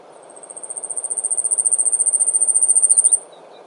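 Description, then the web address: Asian stubtail song: a very high, thin insect-like series of rapid pulses that swells steadily in loudness for about three seconds, then stops abruptly. "yabusame 短尾鶯"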